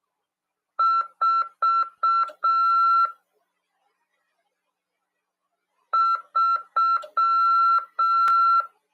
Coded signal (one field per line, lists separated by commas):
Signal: Morse code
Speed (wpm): 6 wpm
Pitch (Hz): 1350 Hz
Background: none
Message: 4 3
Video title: RADIOAMADOR 1ªEd. 15/2/2023 "AULA 16 CW, LEGIS e C.RODADA" PY2EXU PAULO SP/SP CRASP FM 146.410 Mhz.